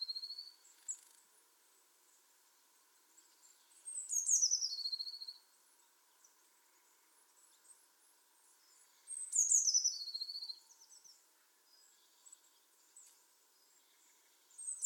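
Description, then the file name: Eurasian blue tit calls: sharp high notes falling into a brief rapid trill, repeated about five seconds apart, with faint soft chips in the gaps. "Cyanistes caeruleus"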